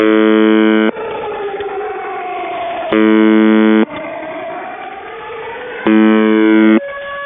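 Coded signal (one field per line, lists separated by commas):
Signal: channel marker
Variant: UVB-76 (The Buzzer)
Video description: Russian Buzzer UVB-76 seen with active air-raid siren audio jamming.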